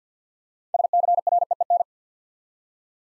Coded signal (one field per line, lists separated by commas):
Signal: Morse code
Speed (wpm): 50 wpm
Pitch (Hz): 700 Hz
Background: none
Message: SCREEN